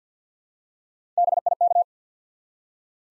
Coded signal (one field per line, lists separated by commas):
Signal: Morse code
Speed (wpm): 50 wpm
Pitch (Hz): 700 Hz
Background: none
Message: BIK